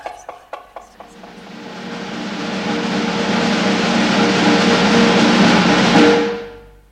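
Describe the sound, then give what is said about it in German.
A few separate knocks given as knock signals open, then blur into a rapid roll of knocking that swells steadily in loudness for several seconds before cutting off. No one speaks. “Einen Wirbel klopfe ich auf.”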